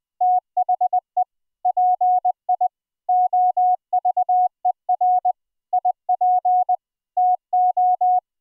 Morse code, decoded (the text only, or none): THE PI OVER IP TO